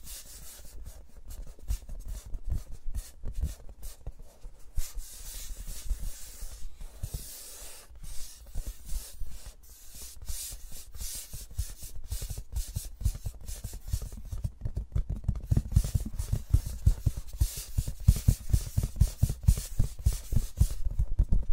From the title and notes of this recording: ASMR with Mics Around My Fingers (No Talking).